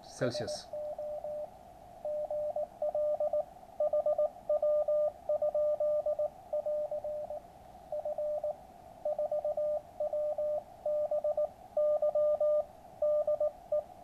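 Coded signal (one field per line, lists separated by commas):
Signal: Morse code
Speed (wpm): 19 wpm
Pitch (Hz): 600 Hz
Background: speech, radio noise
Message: SO GL HW?<AR> F4WBY DE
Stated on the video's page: Morse from a QRP Labs QCX kit transceiver on 80m, outputting a few watts.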